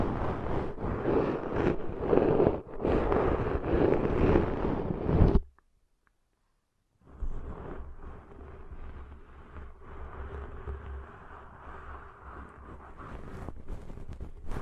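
Ear cleaning sounds: dense, crackling scratches and rubbing fill the first five seconds, loud and busy. Silence follows for about a second and a half, then quieter, steady scraping resumes over a low rumble, with occasional brighter ticks near the end.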